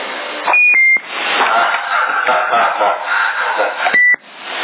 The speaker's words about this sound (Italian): No, è un telefono di quelli tre, di quelli modello vecchio lì. Sembra una cabina telefonica, sembra.